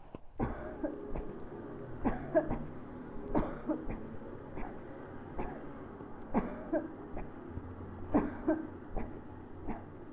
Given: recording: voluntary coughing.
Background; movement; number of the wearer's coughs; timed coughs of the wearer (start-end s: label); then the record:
traffic; sitting; 13
0.38-1.03 s: cough
1.03-1.39 s: cough
2.03-2.46 s: cough
2.50-2.76 s: cough
3.32-3.77 s: cough
3.80-4.07 s: cough
4.44-4.83 s: cough
5.25-5.70 s: cough
6.32-6.85 s: cough
6.99-7.41 s: cough
7.99-8.61 s: cough
8.95-9.12 s: cough
9.67-10.00 s: cough
From the record:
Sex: female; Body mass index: 22.6 kg/m2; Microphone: on the chest, facing the body